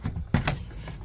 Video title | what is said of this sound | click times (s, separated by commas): MONTANA 3855BR - Bonus Room Loft Residential Fifth Wheel | All right, it just locks into place like so. | 0.3 s, 0.5 s